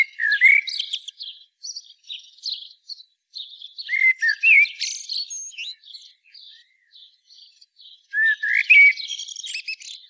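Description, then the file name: Common blackbird song, warbling phrases of fluty notes and thin squeaky flourishes, with softer twittering between the louder bursts. "Turdus merula"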